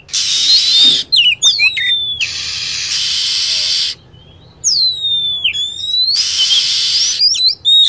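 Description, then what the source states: Lovebird calls: piercing whistles dropping in pitch, a few chirp clusters, and long bands of hissing noise between them. Used as a lure sound for attracting birds.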